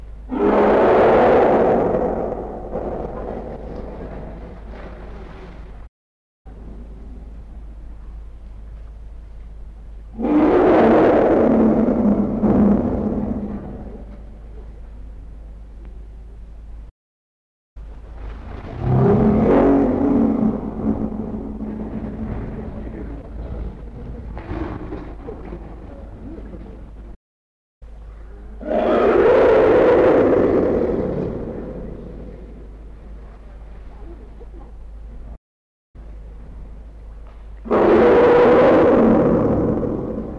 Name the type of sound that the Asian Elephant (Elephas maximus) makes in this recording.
call